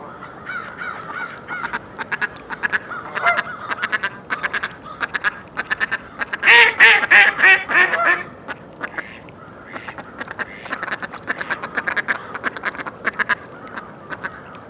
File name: Anas platyrhynchos - Mallard